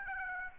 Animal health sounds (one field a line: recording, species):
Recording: mosquito wingbeat signal from an infrared sensor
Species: Aedes aegypti